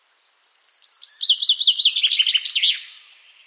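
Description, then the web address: Common chaffinch song: quiet opening notes build into a rapid cascading series of sweet, falling chirps, finishing with an emphatic flourish before fading out. "Deverinetal"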